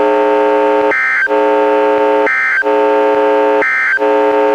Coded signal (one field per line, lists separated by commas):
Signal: Emergency Alert System (SAME) tones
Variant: end-of-message bursts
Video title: EAS #185: NWR Required Weekly Test- Aug. 9, 2017- 11:02AM PDT